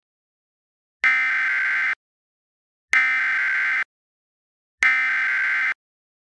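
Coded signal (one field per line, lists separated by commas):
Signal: Emergency Alert System (SAME) tones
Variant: header bursts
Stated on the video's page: Mock PDS Tornado Warning alert, not a real broadcast.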